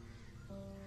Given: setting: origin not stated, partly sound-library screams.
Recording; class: one-second piece from a danger detection set; normal situation